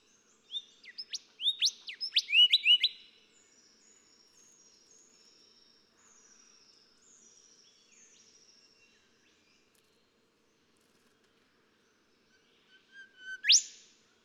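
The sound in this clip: Golden whistler song: a quick burst of ringing whistles, a long quiet stretch with faint high notes, then a final loud rising whipcrack.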